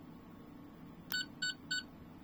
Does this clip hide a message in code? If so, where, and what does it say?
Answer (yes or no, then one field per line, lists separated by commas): no